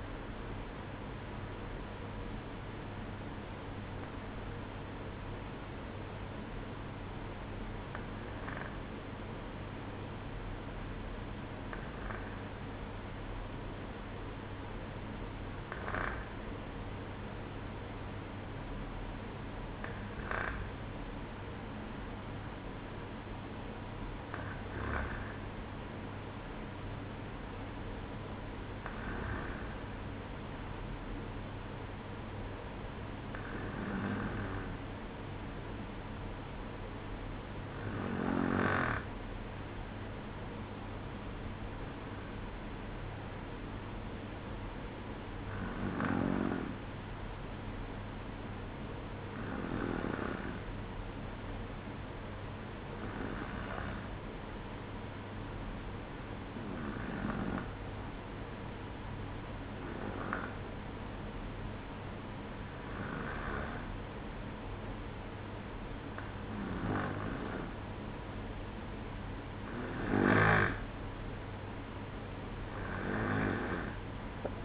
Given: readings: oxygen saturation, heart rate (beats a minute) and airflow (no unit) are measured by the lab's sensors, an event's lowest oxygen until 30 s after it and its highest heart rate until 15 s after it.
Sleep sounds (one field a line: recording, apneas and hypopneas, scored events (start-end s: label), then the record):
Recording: breathing in sleep by a voice recorder at the bedside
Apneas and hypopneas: 1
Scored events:
0.00-4.00 s: awake
35.00-60.80 s: hypopnea (N1, oxygen 96% highest, then 93% lowest, heart rate 63 at the start, 66 highest)
From the record:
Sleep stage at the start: N1 (lightest sleep)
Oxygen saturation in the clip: 93 to 96%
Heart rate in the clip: 62 to 79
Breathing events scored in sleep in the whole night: 305 in 9.6 hours asleep